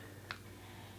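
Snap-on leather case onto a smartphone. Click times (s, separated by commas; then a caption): 0.3 s. An Apple leather snap-on case is fitted onto an iPhone XS Max mock-up with front and back glass, button side first, and the rest is pushed in. A single sharp tick at 0.3 s marks the case popping into place over a steady low hum. The case is seated.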